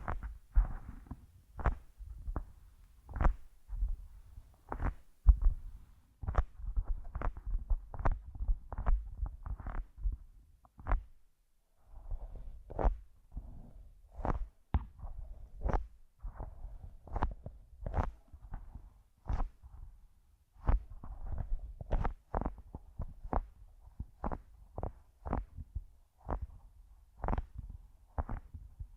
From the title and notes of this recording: ASMR using Headphones as a Mic Brain Melting Massage Triggers. (No Talking).